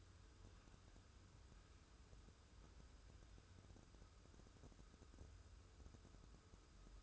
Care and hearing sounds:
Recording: daily activity, microphone in the room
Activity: wipe stove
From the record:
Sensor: 2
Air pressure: 1015.0 hPa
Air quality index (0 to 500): 82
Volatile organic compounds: 2 ppm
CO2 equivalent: 1017 ppm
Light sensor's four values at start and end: 13/35/14/15 and 13/35/14/15

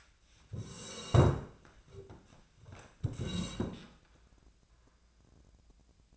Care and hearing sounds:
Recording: daily activity, microphone in the room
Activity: sit down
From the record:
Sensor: 2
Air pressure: 1012.1 hPa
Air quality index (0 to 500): 159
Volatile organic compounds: 2 ppm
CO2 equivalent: 1166 ppm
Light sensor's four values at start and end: 41/103/45/51 and 72/161/75/86

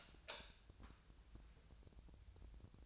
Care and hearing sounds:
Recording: daily activity, microphone in the room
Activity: light on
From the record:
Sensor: 2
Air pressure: 999.9 hPa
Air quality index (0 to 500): 117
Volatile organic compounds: 2 ppm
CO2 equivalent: 1008 ppm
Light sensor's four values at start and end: 38/97/41/47 and 43/113/48/53

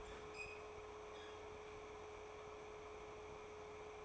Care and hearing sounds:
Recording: daily activity, microphone in the room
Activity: open fridge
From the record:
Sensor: 1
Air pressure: 1004.6 hPa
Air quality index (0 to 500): 194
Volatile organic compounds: 17 ppm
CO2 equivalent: 2565 ppm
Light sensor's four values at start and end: 4/10/4/4 and 4/10/4/4

